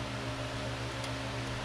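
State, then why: Not seated. A printer cable connector is lined up by hand with its socket on the print head of an Aquila Pro 3D printer. A steady, fan-like broadband hum runs throughout with no distinct hits. Nothing has plugged in or snapped into place yet.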